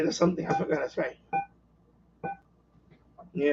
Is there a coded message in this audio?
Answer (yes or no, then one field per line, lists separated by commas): no